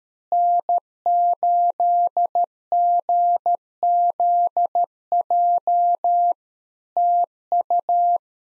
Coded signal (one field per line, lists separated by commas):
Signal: Morse code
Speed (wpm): 13 wpm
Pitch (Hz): 700 Hz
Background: none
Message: N8GZJ TU